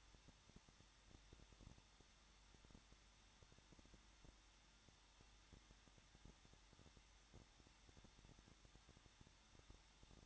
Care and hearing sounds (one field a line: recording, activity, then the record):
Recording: daily activity, microphone in the room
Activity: no activity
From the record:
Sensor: 3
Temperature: 21.2 degrees Celsius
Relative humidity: 36.4%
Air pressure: 1006.4 hPa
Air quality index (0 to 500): 223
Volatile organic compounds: 43 ppm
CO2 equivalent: 3191 ppm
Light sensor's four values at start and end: 2/3/2/2 and 2/3/2/2